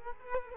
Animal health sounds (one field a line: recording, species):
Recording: mosquito wingbeat signal from an infrared sensor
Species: Culex quinquefasciatus